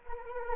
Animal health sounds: mosquito wingbeat signal from an infrared sensor; Anopheles arabiensis

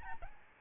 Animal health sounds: mosquito wingbeat signal from an infrared sensor; Aedes albopictus

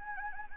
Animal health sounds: mosquito wingbeat signal from an infrared sensor; Anopheles gambiae

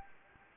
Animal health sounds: mosquito wingbeat signal from an infrared sensor; Anopheles gambiae

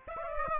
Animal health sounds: mosquito wingbeat signal from an infrared sensor; Aedes aegypti

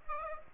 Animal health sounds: mosquito wingbeat signal from an infrared sensor; Aedes aegypti

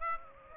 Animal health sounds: mosquito wingbeat signal from an infrared sensor; Aedes aegypti

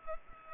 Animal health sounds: mosquito wingbeat signal from an infrared sensor; Culex pipiens

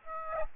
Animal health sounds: mosquito wingbeat signal from an infrared sensor; Aedes aegypti

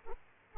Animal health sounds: mosquito wingbeat signal from an infrared sensor; Aedes aegypti

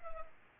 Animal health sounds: mosquito wingbeat signal from an infrared sensor; Culex pipiens

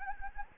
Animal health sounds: mosquito wingbeat signal from an infrared sensor; Anopheles gambiae

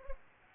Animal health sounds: mosquito wingbeat signal from an infrared sensor; Aedes aegypti

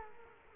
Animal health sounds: mosquito wingbeat signal from an infrared sensor; Culex quinquefasciatus

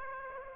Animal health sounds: mosquito wingbeat signal from an infrared sensor; Aedes aegypti

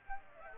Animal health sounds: mosquito wingbeat signal from an infrared sensor; Aedes aegypti

